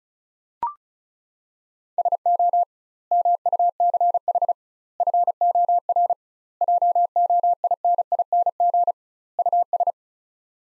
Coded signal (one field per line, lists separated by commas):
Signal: Morse code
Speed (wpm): 36 wpm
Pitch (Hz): 700 Hz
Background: none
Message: SO MUCH FOR JOINING US